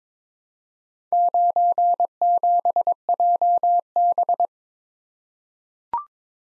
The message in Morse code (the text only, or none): 97JB